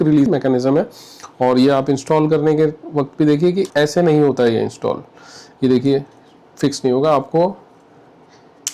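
Someone talks while showing that an action camera quick-release adapter will not fix onto its mount the wrong way, then turns it the right way. The magnetic quick-release adapter grabs by itself and snaps home onto the mount with a sharp click at 8.7 s, seated.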